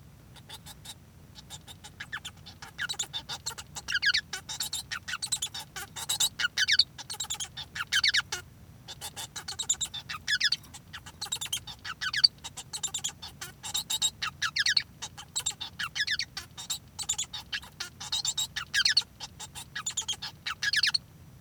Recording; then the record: song of a male Bengalese finch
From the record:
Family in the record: son of father 1